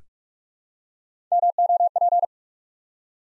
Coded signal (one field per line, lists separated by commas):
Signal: Morse code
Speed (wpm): 44 wpm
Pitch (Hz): 700 Hz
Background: none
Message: MOP